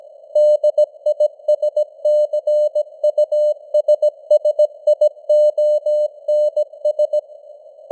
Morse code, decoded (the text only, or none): DISCUSSIONS